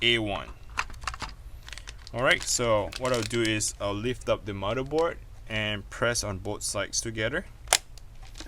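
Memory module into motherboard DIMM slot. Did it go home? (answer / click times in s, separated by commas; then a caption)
yes / 7.8 s. A DDR4 memory stick is pressed down on both ends into the A1 DIMM slot of a motherboard, which is lifted up while someone talks. The plastic retention clips snap shut with a sharp click at 7.7 s, and the stick is seated.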